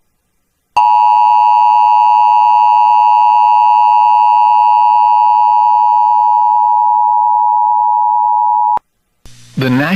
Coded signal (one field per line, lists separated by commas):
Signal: Emergency Alert System (SAME) tones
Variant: 853 and 960 Hz attention tone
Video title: SVR DOUBLEHEADER EAS COMPILATION MARCH 15-17 2024 LAREDO, TX (EAS #108-113)